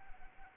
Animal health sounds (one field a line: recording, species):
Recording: mosquito wingbeat signal from an infrared sensor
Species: Anopheles arabiensis